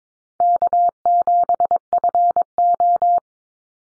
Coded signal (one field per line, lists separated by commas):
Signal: Morse code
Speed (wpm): 22 wpm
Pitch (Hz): 700 Hz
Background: none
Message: K7FO